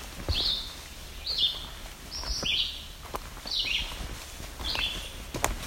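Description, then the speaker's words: Yellow-bellied sapsucker giving five squeaky, toy-like calls, about one a second. Squeaky call likened to a rubber or squeegee toy. "Sounds kind of like a rubber toy. That is yellow-bellied sapsucker."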